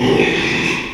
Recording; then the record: squeal of a Yucatan mini pig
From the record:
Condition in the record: after surgery on the right vocal fold (resection and tissue-engineered implant); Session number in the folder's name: 1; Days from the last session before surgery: 6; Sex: male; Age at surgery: 12 weeks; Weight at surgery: 13 kg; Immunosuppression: cyclosporine, prednisolone